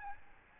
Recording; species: mosquito wingbeat signal from an infrared sensor; Aedes albopictus